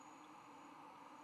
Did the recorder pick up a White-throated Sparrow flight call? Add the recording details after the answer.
no. No flight call is heard. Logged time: 10:34 on 10 November 2014